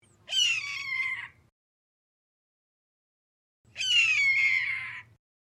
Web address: Lynne Music. Red Tail Hawk Two Calls